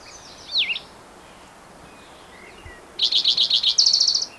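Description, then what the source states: Spotted Towhee song, several slurred notes running into a rapid, even trill, preceded by a separate looping whistle. Individual number one, recorded June 22, 2010, in Rhodes Canyon, Utah County, Utah.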